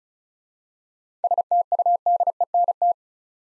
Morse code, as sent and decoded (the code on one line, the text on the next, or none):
... - ..- -.. . -. -
STUDENT